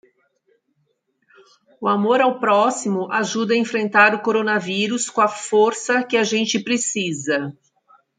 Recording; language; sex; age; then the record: spoken sentence; Brazilian Portuguese; female; 50 to 59 years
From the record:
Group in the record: control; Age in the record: 50 years